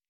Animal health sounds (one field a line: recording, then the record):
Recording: hydrophone in a shrimp aquaculture tank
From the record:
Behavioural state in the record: stressed